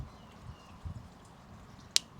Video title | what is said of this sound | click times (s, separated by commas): Adding More Drip Irrigation to Existing Flower Beds // Growing Tropical 🌴 | gonna poke it right inside here until you hear a click there and | 2.0 s